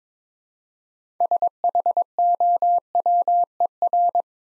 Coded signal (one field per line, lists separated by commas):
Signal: Morse code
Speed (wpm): 22 wpm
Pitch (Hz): 700 Hz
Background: none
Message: SHOWER